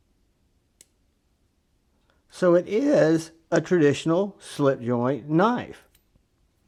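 A Three Rivers Manufacturing (TRM) Atlas slip joint folding knife blade, sitting partly open at the half stop, is let go and snaps into position under the double-sided backspring in its titanium-lined handle with a single sharp click at 0.8 s. Someone then talks, and the blade stays seated.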